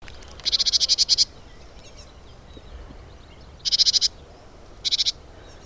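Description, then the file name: Great tit call: a longer stuttering rattle of fast repeated notes, followed by two shorter buzzy bursts, over low steady background hiss. "Parus major"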